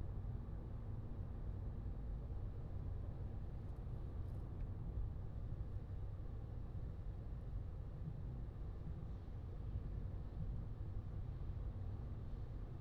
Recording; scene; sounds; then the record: everyday scene through a hearing-aid microphone; in a vehicle; engine, highway driving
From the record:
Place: Skoda Fabia, gasoline engine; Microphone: in the ear canal, left